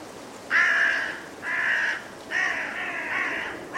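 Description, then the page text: Carrion crow cawing, five harsh, hoarse caws in quick succession roughly a second apart, the last cut off at the end, with wind noise behind. Five carrion crows in trees before roosting, woodland, blustery force 6 wind, winter, Woodchester Park, Gloucestershire. "A group of five Carrion Crows in the trees, before roosting, during a blustery force 6 wind. Recorded in winter at Woodchester Park, Gloucestershire by Richard Margoschis. British Library"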